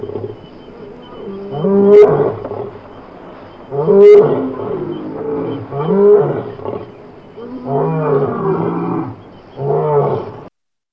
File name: lion